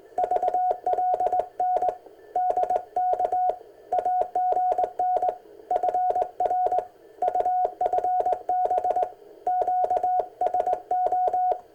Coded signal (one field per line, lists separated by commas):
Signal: Morse code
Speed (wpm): 20 wpm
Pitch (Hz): 730 Hz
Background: none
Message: VLN DK AGN FR UFB QSO